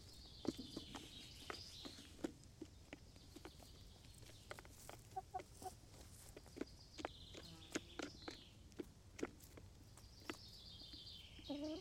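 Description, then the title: Chickens making a few quiet clucks over steady pecking and tapping, with high chirps in the background. Chickens in a henhouse making little noises while eating, Laren, Gelderland, 18 July 2015. "Henhouse. Kippenhok (Laren Gld"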